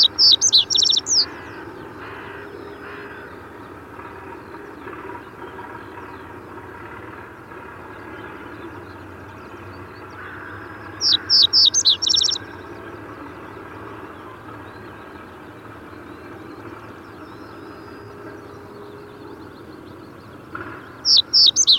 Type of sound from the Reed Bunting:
song